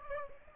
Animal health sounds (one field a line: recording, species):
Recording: mosquito wingbeat signal from an infrared sensor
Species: Aedes aegypti